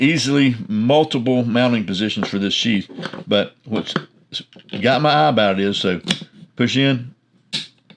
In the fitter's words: You hear that snap? This sucker's locked in. It ain't coming out.